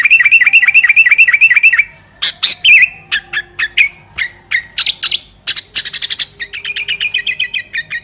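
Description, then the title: Sooty-headed bulbul song: a rhythmic series of repeated whistled notes, then scattered sharp chirps, ending in a fast, even run of bright notes. "Kutilang"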